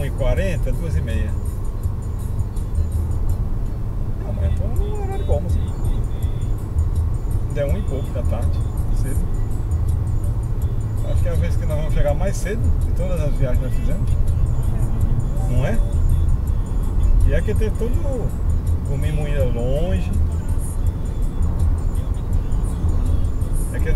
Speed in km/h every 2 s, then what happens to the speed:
95, 96, 98, 100, 102, 104, 106, 108, 110, 113, 114, 115.
0-24 speeds up to 115.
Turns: none.